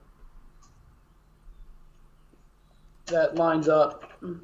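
A wireless access point is lined up by its arrow with a round ceiling mounting bracket before being twisted to lock, with faint low handling noise for the first three seconds. Someone then talks. Nothing has clicked or locked into place yet.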